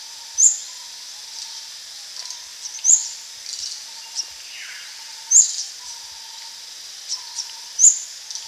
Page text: Olive-Backed Sunbird Call. Quick Sounds